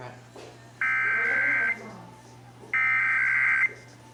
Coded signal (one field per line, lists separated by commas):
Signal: Emergency Alert System (SAME) tones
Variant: header bursts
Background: speech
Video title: (EAS #298-303) November 2022 Texas Required Monthly Test